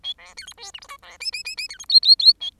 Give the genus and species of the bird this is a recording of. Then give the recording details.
Lonchura striata domestica. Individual Bird10